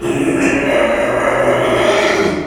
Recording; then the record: squeal of a Yucatan mini pig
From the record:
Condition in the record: after surgery on the right vocal fold (resection and tissue-engineered implant); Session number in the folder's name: 2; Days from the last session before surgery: 13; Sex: male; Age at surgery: 12 weeks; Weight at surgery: 13 kg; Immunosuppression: cyclosporine, prednisolone